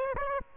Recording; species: mosquito wingbeat signal from an infrared sensor; Aedes aegypti